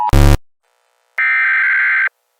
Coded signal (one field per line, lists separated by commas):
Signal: Emergency Alert System (SAME) tones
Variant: header bursts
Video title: EAS | The Attack III